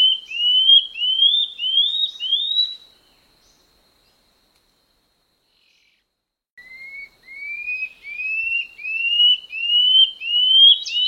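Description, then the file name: Common scale-backed antbird song: short upslurred whistles, each slightly higher than the last; one series ends, a pause of about four seconds, then another rising series begins. "canto do rendadinho"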